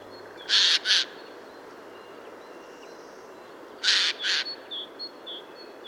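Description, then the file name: Eurasian jay giving paired harsh rasping calls, a double screech early and another pair later, followed by fainter short notes. "Garrulus glandarius"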